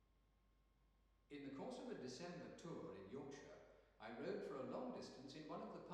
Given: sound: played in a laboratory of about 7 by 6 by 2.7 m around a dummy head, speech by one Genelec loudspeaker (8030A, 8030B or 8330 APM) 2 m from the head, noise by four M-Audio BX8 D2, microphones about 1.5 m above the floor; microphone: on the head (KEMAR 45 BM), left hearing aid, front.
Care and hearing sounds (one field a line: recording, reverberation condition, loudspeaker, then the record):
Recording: male speech in English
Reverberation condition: high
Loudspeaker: 150 degrees to the left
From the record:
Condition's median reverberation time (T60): about 1300 ms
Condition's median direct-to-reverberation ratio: about -4.0 dB